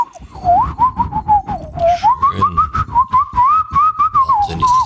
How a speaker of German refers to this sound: Wow, ganz gut pfeifen.